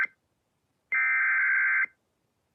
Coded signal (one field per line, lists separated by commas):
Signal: Emergency Alert System (SAME) tones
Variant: header bursts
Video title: EAS Severe T’storm Warning #10 3/15/25 (Credit Goes To @SouthernPennsylvaniaWX & @KanawhaCountyWX)